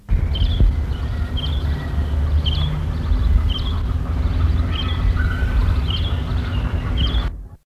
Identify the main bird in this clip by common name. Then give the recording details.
Eurasian Bullfinch. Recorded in the wild. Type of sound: call. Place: Lamspringe, Niedersachsen, DE. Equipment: Halbspur, 9,5 cm/s. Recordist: Lütgens, Hans. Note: Im Nest an der Kirchenwand